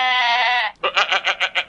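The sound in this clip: Goat bleating: one long wavering bleat, then a quick stuttering series of about seven short pulsed bleats.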